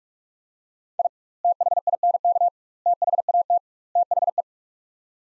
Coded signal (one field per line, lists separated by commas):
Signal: Morse code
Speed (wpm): 46 wpm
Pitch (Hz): 700 Hz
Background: none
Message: I THINK THAT THE